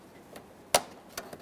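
A plastic radiator alignment tab on a 2013-2020 Ford Fusion 2.0L L4 is pushed through the radiator's upper rubber grommet and turned clockwise. It gives a sharp click at 0.7 s, followed by a fainter tick near 1.2 s. The tab is seated.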